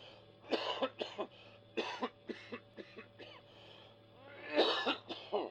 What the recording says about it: I heard him cough. He got out of his sick bed to come here this evening. He was gassed during the First World War.